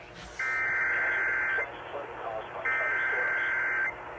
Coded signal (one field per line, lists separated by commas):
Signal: Emergency Alert System (SAME) tones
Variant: header bursts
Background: speech